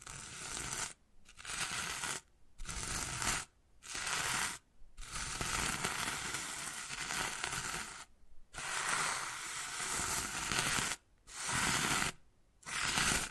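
Wood carving with dense, bright scratching and scraping that runs in steady strokes, broken by short silent gaps about every one to two seconds. Each burst holds a continuous gritty texture with faint tapping clicks mixed in, and the pauses fall irregularly.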